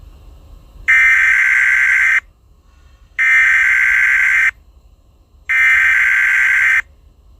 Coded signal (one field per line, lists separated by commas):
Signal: Emergency Alert System (SAME) tones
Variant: header bursts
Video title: EAS SCENARIO 7: Candle Queen Invasion